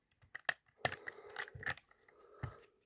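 A plastic utility belt on a Transformers G1 Cloudburst toy is clipped onto the second clip of the figure's plastic outer shell to hold the two halves together, among brief plastic clicks and handling rustle. A sharp plastic snap at 0.5 s marks the belt seating on the clip, followed by softer handling noise.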